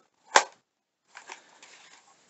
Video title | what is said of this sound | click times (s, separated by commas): Glock 17 owb holster by craft holsters custom made with kydex and leather. | that satisfying retention click | 0.4 s